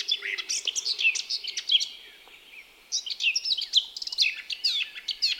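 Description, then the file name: Eurasian blackcap chattering and warbling in rapid high notes, breaking off for about a second before resuming the twittering phrase. "Sylvia atricapilla"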